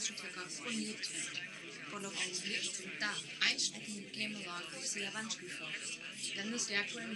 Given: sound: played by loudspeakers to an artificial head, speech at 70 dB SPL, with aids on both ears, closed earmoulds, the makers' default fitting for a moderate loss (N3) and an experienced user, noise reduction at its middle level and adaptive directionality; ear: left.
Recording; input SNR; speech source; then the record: speech test signal (ISTS) in cocktail-party noise; +3 dB; on the right (90 degrees)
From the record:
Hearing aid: class 1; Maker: J